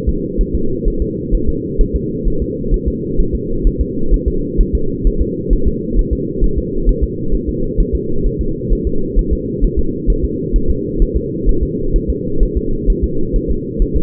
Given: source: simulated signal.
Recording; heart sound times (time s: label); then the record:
fetal heart sounds
0.09 s: S2
0.41 s: S1
0.55 s: S2
0.88 s: S1
1.02 s: S2
1.34 s: S1
1.49 s: S2
1.81 s: S1
1.95 s: S2
2.28 s: S1
2.42 s: S2
2.74 s: S1
2.88 s: S2
3.20 s: S1
3.35 s: S2
3.67 s: S1
3.81 s: S2
4.14 s: S1
4.28 s: S2
4.60 s: S1
4.75 s: S2
5.07 s: S1
5.21 s: S2
5.53 s: S1
5.67 s: S2
5.99 s: S1
6.13 s: S2
6.44 s: S1
6.58 s: S2
6.89 s: S1
7.03 s: S2
7.34 s: S1
7.49 s: S2
7.80 s: S1
7.95 s: S2
8.26 s: S1
8.41 s: S2
8.73 s: S1
8.87 s: S2
9.19 s: S1
9.33 s: S2
9.64 s: S1
9.79 s: S2
10.10 s: S1
10.24 s: S2
10.56 s: S1
10.70 s: S2
11.02 s: S1
11.16 s: S2
11.49 s: S1
11.63 s: S2
11.96 s: S1
12.10 s: S2
12.43 s: S1
12.57 s: S2
12.90 s: S1
13.04 s: S2
13.36 s: S1
13.50 s: S2
13.82 s: S1
13.96 s: S2
From the record:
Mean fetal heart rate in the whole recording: 130 bpm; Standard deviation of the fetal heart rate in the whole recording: 2 bpm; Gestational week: 38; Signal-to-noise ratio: -8.1 dB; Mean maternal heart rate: 72 bpm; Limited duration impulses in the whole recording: absent